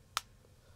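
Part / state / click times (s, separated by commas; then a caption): plastic kickstand folding into a phone case back / seated / 0.2 s. A plastic kickstand on a Spigen phone case for a Samsung Galaxy S7 Edge is folded back against the case. A single short, sharp, bright snap is heard at 0.2 s over otherwise quiet background. The kickstand locks into its closed position so it won't open in a pocket.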